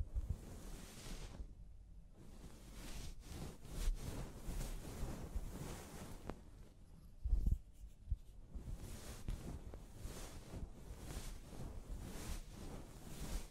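Scalp massage and hair washing, with soft continuous rubbing and scratching, brief bright scrubbing bursts, and a louder rustling thump near seven seconds.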